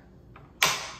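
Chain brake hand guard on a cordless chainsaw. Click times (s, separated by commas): 0.6 s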